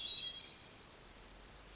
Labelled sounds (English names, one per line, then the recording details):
Hermit Thrush
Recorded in Sonoma County, California